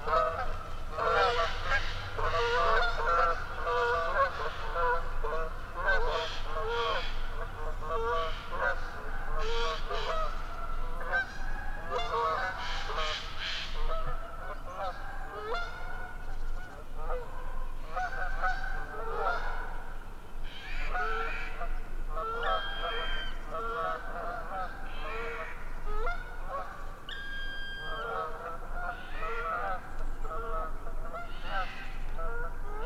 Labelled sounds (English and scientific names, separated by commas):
Canada Goose (Branta canadensis) call